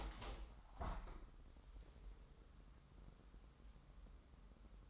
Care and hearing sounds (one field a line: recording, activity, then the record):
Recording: daily activity, microphone in the room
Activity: open window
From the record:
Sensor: 3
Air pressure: 998.0 hPa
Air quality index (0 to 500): 142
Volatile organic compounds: 4 ppm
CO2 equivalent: 1694 ppm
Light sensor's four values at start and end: 14/41/16/15 and 14/41/16/15